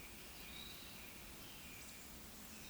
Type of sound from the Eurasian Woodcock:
whistle, croak